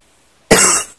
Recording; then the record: coughing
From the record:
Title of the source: 30 Chesty and wet cough